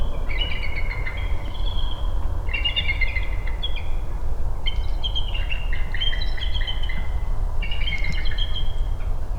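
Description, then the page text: Bald eagle uttering several bursts of rapid, squeaky chittering notes against a continuous low rumbling background noise. Recorded in Maryland, United States. "Maryland Biodiversity. Bald Eagle ( Haliaeetus leucocephalus )"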